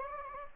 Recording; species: mosquito wingbeat signal from an infrared sensor; Anopheles gambiae